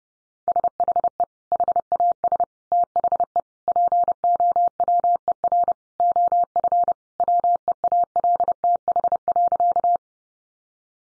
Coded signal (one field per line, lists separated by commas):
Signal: Morse code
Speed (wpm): 30 wpm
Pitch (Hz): 700 Hz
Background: none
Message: SHE HAS THE POWER OF WEALTH.